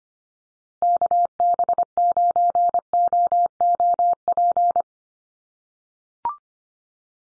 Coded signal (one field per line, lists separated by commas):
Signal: Morse code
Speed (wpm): 25 wpm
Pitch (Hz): 700 Hz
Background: none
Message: KB9OOP